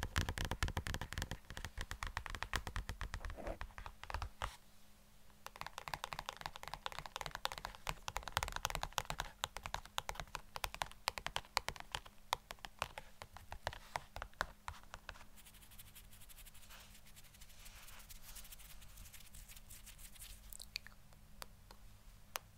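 Dense, rapid tapping with a keyboard-like clicking quality runs throughout, the hits coming in quick bursts. It is loudest in the first fifteen seconds, with a brief pause near four seconds, then grows softer and sparser. A faint low hum sits underneath.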